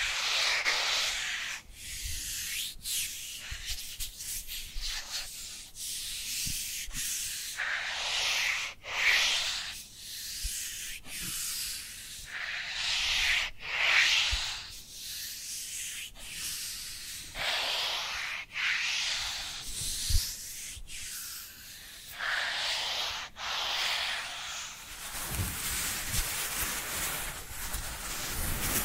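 Dry hands rub together in repeated bright, hissing strokes, each a second or two long with brief pauses, and a denser stretch near the end.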